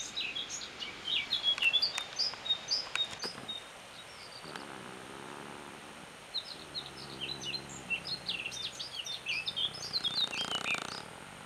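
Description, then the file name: Eurasian blackcap uttering two bursts of quick, high, scratchy warbled notes separated by a pause, during which a low hum is heard. "Sylvia atricapilla"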